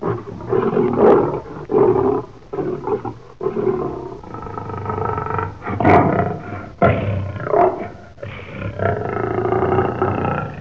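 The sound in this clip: Lion giving a series of deep, rasping roars, each burst lasting a second or two with short breaks between them.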